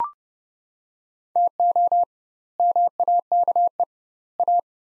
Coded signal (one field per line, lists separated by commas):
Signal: Morse code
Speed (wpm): 30 wpm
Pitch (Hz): 700 Hz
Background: none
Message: TO MAKE A